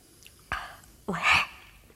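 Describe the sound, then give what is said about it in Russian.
Someone swallows a chewed-up paper note: a short, wet gulp, then a longer throaty swallow with a soft rasping tail a moment later, both fairly quiet, with no talking. “Теперь глотай.”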